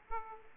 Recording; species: mosquito wingbeat signal from an infrared sensor; Aedes aegypti